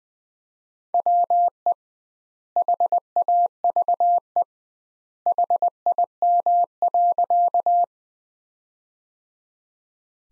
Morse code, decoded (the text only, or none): WE HAVE HIM.